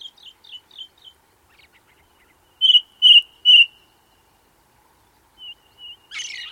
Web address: Ring Ouzel singing, with song of second bird, Red Grouse & Cuckoo in background